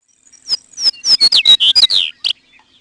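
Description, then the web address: Chestnut-collared Longspur: a quick series of high, slurred, mostly descending notes, ending with a sharp double note. "Peterson North American Birds"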